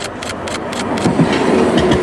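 A short three-section Hyundai tram, the newest type of rolling stock, rolls past on rails, a steady low rumble with a quick series of rhythmic wheel clacks over the first second, and no voices.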